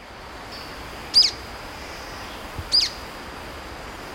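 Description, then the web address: Golden-crowned flycatcher: two sharp, squeaky high notes from a golden-crowned flycatcher, spaced about a second and a half apart, over a soft continuous hiss. Recorded in Ecuador, South America. "Natures Songs S America Birds of Ecuador 44 Golden-crowned Flycatcher"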